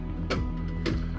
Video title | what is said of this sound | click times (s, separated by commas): Instalación de la Fuente de alimentación o Fuente de poder PC | my screw holes are aligned and it is currently locked into place | 0.3 s